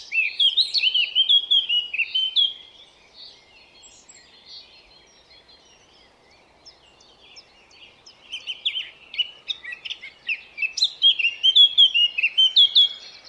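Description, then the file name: Eurasian blackcap song in two bursts of rich whistled warbling, split by several seconds of faint chatter. "Sylvia atricapilla"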